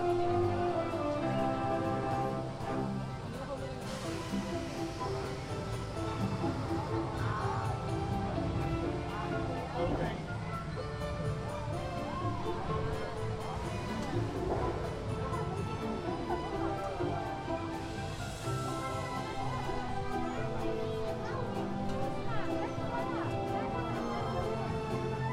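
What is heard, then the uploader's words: Inside a laundromat in Osaka, a steady low churning hum of machines runs throughout at an even level. Voices talk on and off over it, and bursts of brighter hiss wash in around 4–6 seconds and again near 18–20 seconds. Laundromat Osaka.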